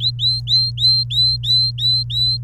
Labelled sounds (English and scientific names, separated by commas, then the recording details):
Domestic Canary (Serinus canaria) song
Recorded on 29 April 2018 at 10:18
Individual llb3